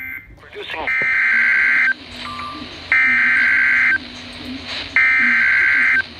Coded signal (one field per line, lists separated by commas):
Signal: Emergency Alert System (SAME) tones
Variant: header bursts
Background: speech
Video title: 2019 NATIONAL TEST + SEVERE WEATHER | 8/7/2019 (EAS #525-42)